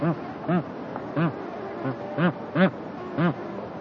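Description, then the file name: Bar-headed goose giving several nasal honks at uneven intervals. "anser indicus"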